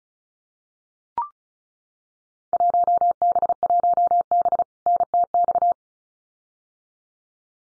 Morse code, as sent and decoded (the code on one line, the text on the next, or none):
.---- -... .---- -... / -. - -..-
1B1B NTX